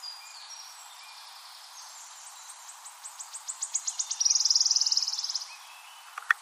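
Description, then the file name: Wood warbler song: faint high notes, then ticks gathering pace into a glittering trill, followed by a couple of sharp clicks near the end. Recorded 23 April 2013. "23 04 2013 Waldlaubsaenger"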